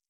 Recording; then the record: hydrophone in a shrimp aquaculture tank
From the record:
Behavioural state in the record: stressed